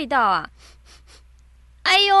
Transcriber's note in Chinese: sniffing